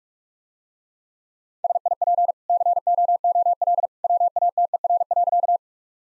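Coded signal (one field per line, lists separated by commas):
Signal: Morse code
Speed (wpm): 46 wpm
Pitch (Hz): 700 Hz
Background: none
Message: SIP COOL WATER.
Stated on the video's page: Morse practice of easy sentences with context hints at 45 wpm.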